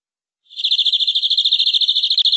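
Canary song: a high, rolling trill of quick repeated notes with a faint upper overtone, starting after half a second and continuing steadily to the end.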